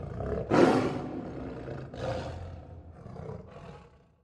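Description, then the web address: Lion roaring, one loud hoarse burst followed by a few weaker grunting roars, each fading, with low rumbling between them. "big cats|lions"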